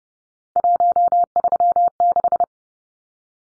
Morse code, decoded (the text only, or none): 136